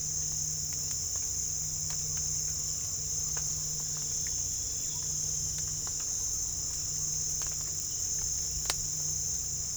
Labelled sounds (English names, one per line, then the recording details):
none
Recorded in pastures near Puerto Asís, Putumayo, Colombia, on 22 December 2024 at 06:30
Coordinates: 0.487, -76.322
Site GP09